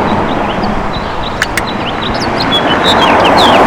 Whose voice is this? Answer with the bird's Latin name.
Haemorhous mexicanus